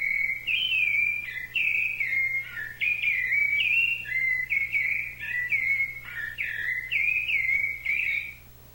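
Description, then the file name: Thrush song, a steady stream of fluty whistled notes, varied phrases bending up and down with brief breaks, over a soft low hum. "SABIA"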